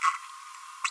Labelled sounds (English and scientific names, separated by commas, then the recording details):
Green-rumped Parrotlet (Forpus passerinus) babbling
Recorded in a nest box in Venezuela
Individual 18B25A5